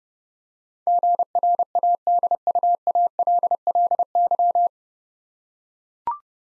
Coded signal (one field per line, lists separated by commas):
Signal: Morse code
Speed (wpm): 30 wpm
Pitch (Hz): 700 Hz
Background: none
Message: GRADUALLY